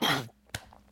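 A single harsh, voiced cough from an adult man lasts about a quarter second, followed by a brief, softer catch of breath. He has COVID-19, on the fourth day of illness, and will be coughing all week.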